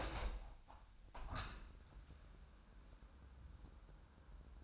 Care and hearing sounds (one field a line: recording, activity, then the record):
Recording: daily activity, microphone in the room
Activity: open window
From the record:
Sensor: 2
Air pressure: 997.9 hPa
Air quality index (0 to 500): 138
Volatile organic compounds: 4 ppm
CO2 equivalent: 1558 ppm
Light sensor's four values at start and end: 10/31/12/12 and 11/31/12/12